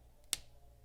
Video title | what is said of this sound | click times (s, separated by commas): 1 – Kandinsky's Abstract Art (Visual art) | you hear that click that's the marker saying thank you | 0.3 s